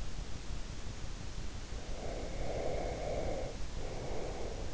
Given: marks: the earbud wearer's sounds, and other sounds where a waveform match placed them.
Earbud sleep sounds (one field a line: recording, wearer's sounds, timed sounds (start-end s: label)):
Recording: sounds in sleep by an in-ear microphone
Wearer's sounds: breath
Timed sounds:
1.79-4.71 s: breath